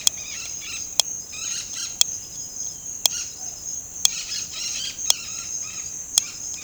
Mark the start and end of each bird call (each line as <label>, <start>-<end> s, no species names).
bird call, 0.00-0.83 s
bird call, 1.26-1.93 s
bird call, 3.09-3.27 s
bird call, 4.07-6.64 s